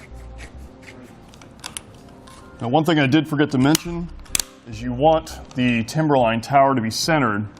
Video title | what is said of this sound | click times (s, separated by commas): etrailer - Install: Yakima RidgeLine Roof Rack for Flush Rails on a 2012 Toyota 4Runner | for both you want to listen for the audible click in our tool now | 1.7 s, 1.8 s